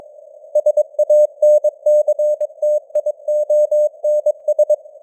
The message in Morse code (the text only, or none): SANCTIONS